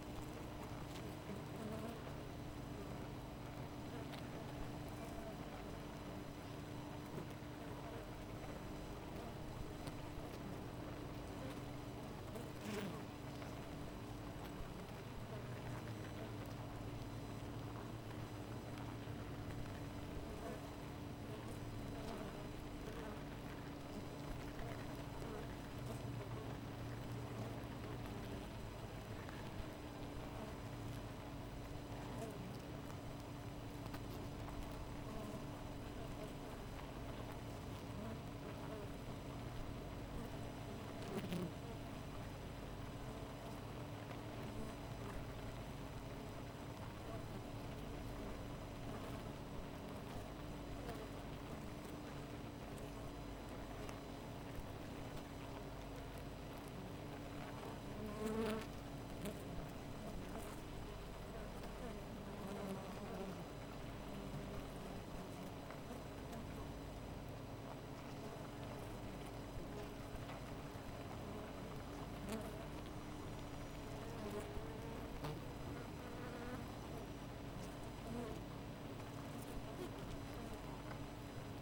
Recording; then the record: honeybee colony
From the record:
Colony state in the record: missing queen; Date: 14 July 2017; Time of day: 4:13